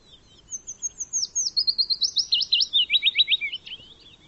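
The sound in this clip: Bird song phrase opening with thin high whistles, then turning into a fast trill that steps downward.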